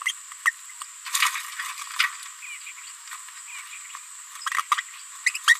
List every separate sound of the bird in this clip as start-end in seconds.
0.45-0.51, 4.71-4.75, 5.26-5.30, 5.34-5.38, 5.47-5.54